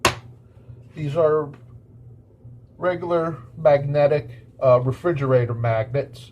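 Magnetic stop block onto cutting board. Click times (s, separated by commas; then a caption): 0.1 s. A magnetic stop block is set onto a metal-backed cutting board and snaps into place with a sharp click at 0.1 s. Someone then talks for the rest of the clip.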